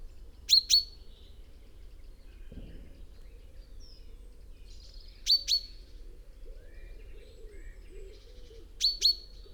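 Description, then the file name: Common chaffinch giving short, sharp double call notes, repeated about every four seconds over faint background noise. "Fringilla coelebs"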